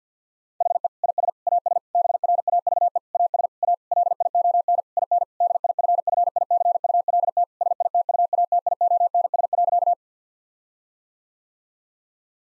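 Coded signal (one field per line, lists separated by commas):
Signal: Morse code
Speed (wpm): 50 wpm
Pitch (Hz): 700 Hz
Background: none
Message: HE IS AS BRAVE AS A LION IN DIFFICULT SITUATIONS.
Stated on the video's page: Morse code practice with difficult sentences at 50 wpm, each given a context hint before sending.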